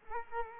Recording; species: mosquito wingbeat signal from an infrared sensor; Culex quinquefasciatus